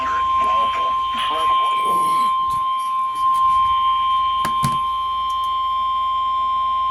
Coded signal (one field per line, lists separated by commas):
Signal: Emergency Alert System (SAME) tones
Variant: 1050 Hz attention tone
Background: speech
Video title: SEVERE WEATHER INSANITY - EAS Alerts from 7/29/2023 (EAS #295-#316)